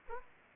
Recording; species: mosquito wingbeat signal from an infrared sensor; Aedes aegypti